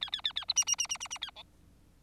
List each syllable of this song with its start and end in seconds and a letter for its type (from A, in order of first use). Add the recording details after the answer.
0.01-0.10 A, 0.12-0.21 A, 0.24-0.33 A, 0.35-0.45 A, 0.48-0.53 B, 0.56-0.64 C, 0.67-0.76 C, 0.78-0.87 C, 0.89-0.97 C, 1.00-1.08 C, 1.10-1.18 C, 1.21-1.30 A, 1.35-1.43 D. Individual Bird4